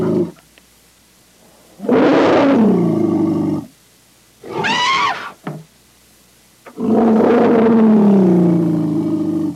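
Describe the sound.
Elephant calls: a loud harsh roaring bellow, then a high brassy trumpet blast, then another long throaty bellow.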